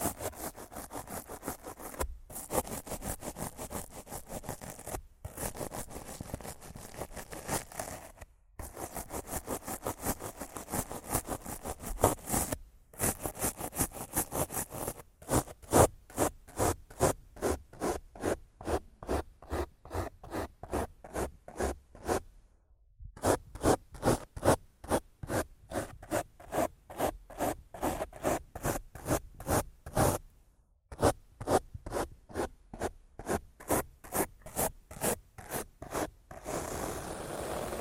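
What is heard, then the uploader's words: Rough mic scratching and brushing, starting as dense continuous rasping broken by brief silences near 2, 5, 8 and 13 seconds. From about 15 seconds it turns into quick, regular brush strokes, a steady rhythmic pulse with pauses near 23 and 31 seconds. ASMR Rough Mic Scratching & Brushing (No Talking).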